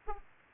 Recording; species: mosquito wingbeat signal from an infrared sensor; Aedes aegypti